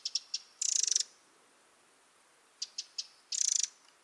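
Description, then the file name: Eurasian wren calls: quick sharp ticks leading into short grating rattles, a pattern repeated twice. "Troglodytes troglodytes"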